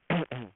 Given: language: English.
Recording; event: throat vibration sensor signal played as sound; throat clearing